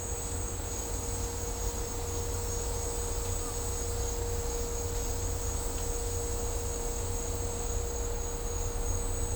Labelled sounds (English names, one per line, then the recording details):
none
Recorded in dense forest near Puerto Asís, Putumayo, Colombia, on 18 December 2024 at 09:30
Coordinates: 0.503, -76.323
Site G043